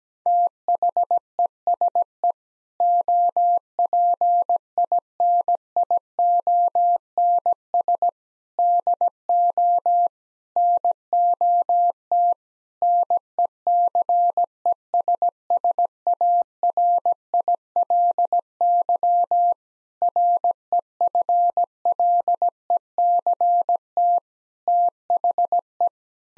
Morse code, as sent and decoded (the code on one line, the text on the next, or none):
- .... . ... . / --- .--. .. -. .. --- -. ... / -.. --- / -. --- - / -. . -.-. . ... ... .- .-. .. .-.. -.-- / .-. . ..-. .-.. . -.-. - / - .... .
THESE OPINIONS DO NOT NECESSARILY REFLECT THE